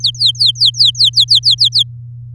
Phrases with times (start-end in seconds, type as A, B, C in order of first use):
0.00-1.83 A